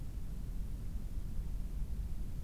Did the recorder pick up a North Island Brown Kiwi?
no